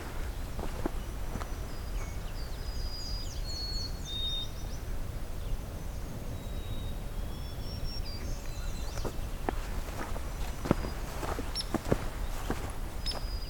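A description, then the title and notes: A morning hike through a nature preserve, with a steady low rumble underneath throughout. Birds chirp and whistle in short high phrases, busiest in the first half. Sharp crunching footsteps and twig snaps come more often toward the end. The first part of a morning hike into the southern half of Pine Tree Point Nature Preserve, opening with a songful White-throated Sparrow.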